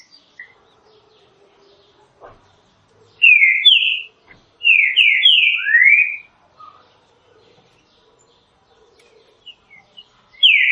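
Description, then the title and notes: Green-winged saltator song: a two-note whistle, then a longer phrase of several slurred downward whistles ending with a rising sweep. Classic song style (canto clássico) of the green-winged saltator, presented as a training recording. "Canto Clássico Trinca Ferro TREINAMENTO. trinca fero"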